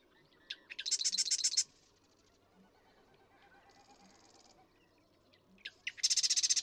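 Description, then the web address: Marsh Wren song: clicking introductory notes then a harsh, machine-like rattle, repeated twice, with a fainter buzzy trill in between. "birdsongforthecurious Marsh Wren"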